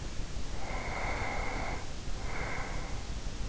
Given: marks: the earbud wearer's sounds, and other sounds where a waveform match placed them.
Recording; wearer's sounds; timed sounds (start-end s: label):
sounds in sleep by an in-ear microphone; breath
0.48-3.24 s: breath